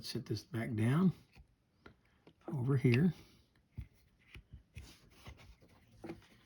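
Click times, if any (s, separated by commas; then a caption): none. During service and lubrication of a Sougayilang KO 5000 spinning reel, a small internal part is handled and set back down into the reel body while someone talks. Faint, soft taps and ticks from the handling come between the speech. The part has not snapped into place yet, and nothing has seated or clicked in this clip.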